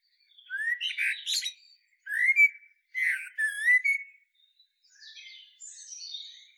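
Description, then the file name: Common blackbird song: low fluted warbling phrases that break into a squeaky high twitter, three phrases in a row, then a fainter high, scratchy ending. "Turdus merula"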